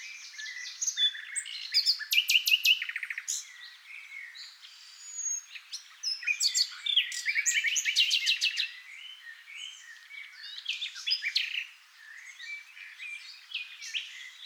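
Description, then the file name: Common nightingale song in dense, overlapping phrases: buzzy rattles, rapid note series and sharp chirps, pausing briefly near the end. "NIGHTINGALE MIX"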